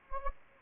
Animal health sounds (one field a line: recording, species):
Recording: mosquito wingbeat signal from an infrared sensor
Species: Anopheles arabiensis